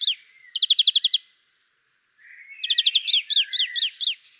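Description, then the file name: European greenfinch calling: a quick trill of even chips, a pause, then slurred, downward wheezy notes mixed with another fast trill. "Chloris chloris"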